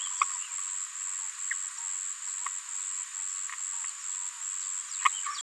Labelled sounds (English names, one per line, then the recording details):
Green-rumped Parrotlet babbling
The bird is a female
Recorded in a nest box in Venezuela
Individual 17B73B3